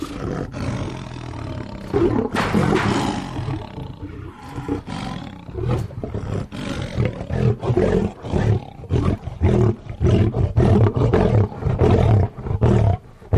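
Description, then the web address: Lion roar, opening with a long low moaning growl, then breaking into quick repeated deep grunts that continue steadily to the end. "big cats|lions"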